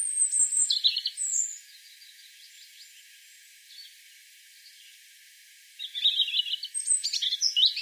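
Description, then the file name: European robin song: two bursts of high, thin warbled phrases with trills and sharp notes, separated by a quiet gap of several seconds. "Erithacus rubecula"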